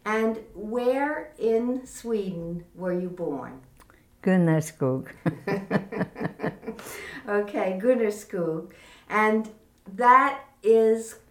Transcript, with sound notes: And where in Sweden were you born?
Gunesgug [Laughs]
Okay, Gunesgug, and that is